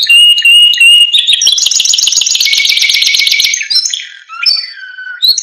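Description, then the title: Canary singing a pulsing whistled phrase, a long fast buzzy trill, then scattered downslurred notes. Canary singing prolifically (gacor) with a full, varied song, used as masteran (training audio) for caged lovebirds, white-rumped shamas, canaries and greater green leafbirds. "Masteran Kenari Gacor Full Isian Untuk Lovebird, Murai Batu, Kenari, Cucak Ijo"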